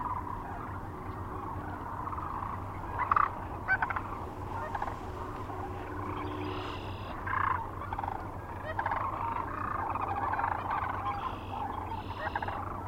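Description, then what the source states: Sandhill Cranes calling in a large group, continuous rattling chorus with scattered louder trumpeting notes rising above it, and a low background hum throughout. Recorded 9 March 2004 near Kearney, Nebraska, together with other sounds.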